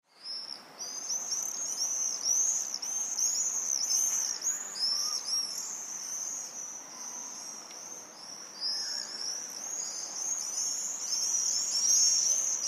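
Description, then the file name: Swifts screaming in a busy chorus of rapid, shrill, arched notes, overlapping calls from several birds throughout, over faint background hiss. Several swifts on 26 July 2014 at 09:16. "140726-0916 swifts"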